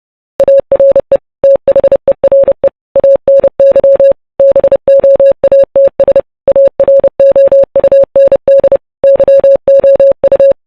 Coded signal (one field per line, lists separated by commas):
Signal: Morse code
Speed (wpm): 30 wpm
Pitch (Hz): 550 Hz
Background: none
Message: ARE THERE ANY BOATS AROUND YOU